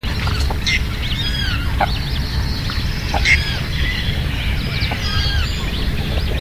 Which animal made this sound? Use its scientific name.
Chlidonias hybrida